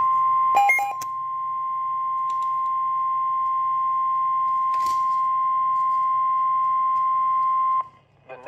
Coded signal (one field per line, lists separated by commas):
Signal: Emergency Alert System (SAME) tones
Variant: 1050 Hz attention tone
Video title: 4 Emergency Alert System captures from 7/4/22 (SVR x3, SMW x1, double header) on KZZ81 Lockport